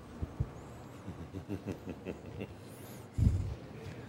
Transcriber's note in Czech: smích